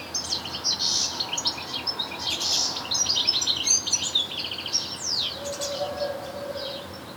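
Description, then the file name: European goldfinch twittering steadily with fast, tinkling and rattling high notes and some downward slurs, accompanied near the end by a faint low steady tone. "Carduelis carduelis"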